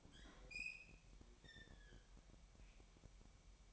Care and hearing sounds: daily activity, microphone in the room; open fridge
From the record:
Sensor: 1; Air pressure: 1002.0 hPa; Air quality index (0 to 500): 244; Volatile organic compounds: 50 ppm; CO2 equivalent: 3294 ppm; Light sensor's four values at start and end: 8/28/10/11 and 8/28/10/11

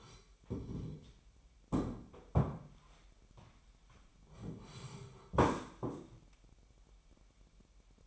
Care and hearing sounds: daily activity, microphone in the room; sit down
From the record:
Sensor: 1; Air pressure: 998.6 hPa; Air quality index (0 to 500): 122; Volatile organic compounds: 3 ppm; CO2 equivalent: 1456 ppm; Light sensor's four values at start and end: 9/22/9/11 and 9/23/9/11

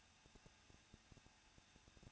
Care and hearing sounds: daily activity, microphone in the room; no activity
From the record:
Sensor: 2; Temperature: 21.0 degrees Celsius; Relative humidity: 37.4%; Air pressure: 1006.2 hPa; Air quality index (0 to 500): 222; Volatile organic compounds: 24 ppm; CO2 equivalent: 2816 ppm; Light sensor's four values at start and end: 2/3/2/2 and 2/3/2/2

